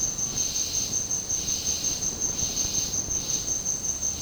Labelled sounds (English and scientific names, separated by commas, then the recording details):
none
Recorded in dense forest near Puerto Asís, Putumayo, Colombia, on 18 February 2024 at 10:30
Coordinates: 0.503, -76.322
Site G6418